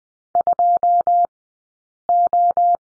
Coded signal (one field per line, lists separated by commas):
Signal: Morse code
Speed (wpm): 20 wpm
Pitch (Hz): 700 Hz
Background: none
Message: 2O